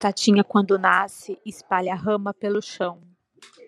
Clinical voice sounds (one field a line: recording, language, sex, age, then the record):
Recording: short text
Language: Brazilian Portuguese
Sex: female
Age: 40 to 49 years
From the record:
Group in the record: control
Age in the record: 40 years